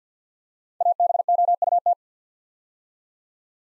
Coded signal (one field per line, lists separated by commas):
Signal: Morse code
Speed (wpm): 51 wpm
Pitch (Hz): 700 Hz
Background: none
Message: ABOUT